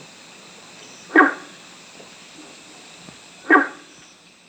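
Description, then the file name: Guenther's frog giving two gruff, barking notes a little over two seconds apart, with quiet hiss between them. "Rana guentheri"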